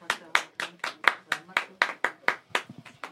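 Hands clapping in a quick, steady rhythm, about a dozen sharp, crisp claps evenly spaced over a few seconds, like a small round of applause rather than a roaring crowd.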